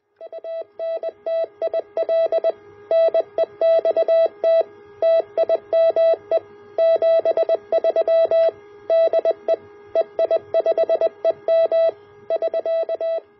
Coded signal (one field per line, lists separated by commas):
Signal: Morse code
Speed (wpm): 20 wpm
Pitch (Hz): 660 Hz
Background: none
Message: ANTIL NEXT TIME 73 DE EI5EM <SK>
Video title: A QRP T Match ATU Build